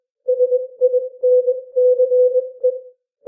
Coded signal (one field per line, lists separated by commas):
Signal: Morse code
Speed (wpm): 21 wpm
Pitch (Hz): 500 Hz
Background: none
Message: SINCE